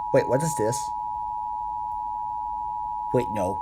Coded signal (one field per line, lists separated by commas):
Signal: Emergency Alert System (SAME) tones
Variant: 853 and 960 Hz attention tone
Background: speech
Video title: EAS Scenario: Radiation attack (last live voice acting eas scenario for now)